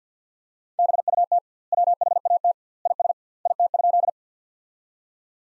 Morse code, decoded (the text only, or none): BUT WHAT IS IT?